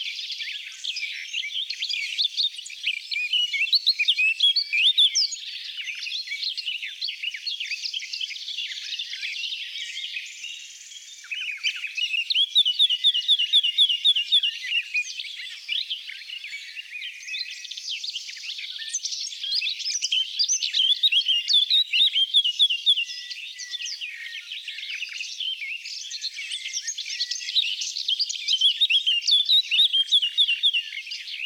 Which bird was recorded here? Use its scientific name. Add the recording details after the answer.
Sylvia atricapilla. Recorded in the wild. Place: Merdingen bis Ihringen / Kaiserstuhl, Baden-Württemberg, DE. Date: 1979-06-04. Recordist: Schwarz, Dieter